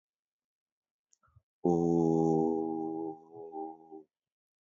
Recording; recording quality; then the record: sustained vowel as in boot; excellent, no background noise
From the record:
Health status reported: healthy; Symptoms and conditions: none ticked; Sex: male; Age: 25 years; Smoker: not ticked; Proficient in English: yes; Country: India